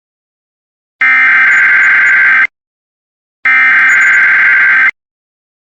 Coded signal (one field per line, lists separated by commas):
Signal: Emergency Alert System (SAME) tones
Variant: header bursts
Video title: [RARE] DESTRUCTIVE STORM SVR [80mph winds] + 2 EAS Tests (EAS #128-130)